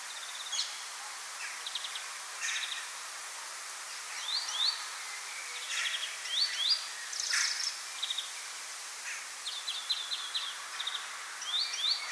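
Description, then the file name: European greenfinch calls, dense and overlapping: fast trills, rising and falling swept notes and scattered sharp chips, with broad hiss throughout. Nominate subspecies Chloris chloris chloris. "Groenling - Chloris chloris chloris"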